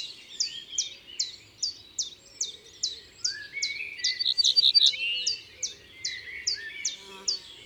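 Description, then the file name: Common chiffchaff song, sharp high notes dropping in pitch, repeated steadily about two or three per second, with brief warbling from another bird midway and soft background hum. Recorded in the Drôme, France, for the album Concerts naturels de la Drôme by Studio les Trois Becs. "Pouillot veloce Concerts Naturels de la Drome Studio les Trois Becs"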